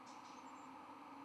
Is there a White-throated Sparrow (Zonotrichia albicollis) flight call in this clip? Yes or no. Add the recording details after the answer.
no. No flight call is heard. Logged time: 22:44 on 23 November 2014